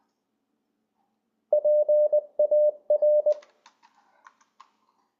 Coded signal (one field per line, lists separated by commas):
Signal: Morse code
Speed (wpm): 20 wpm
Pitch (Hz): 600 Hz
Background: none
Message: PAR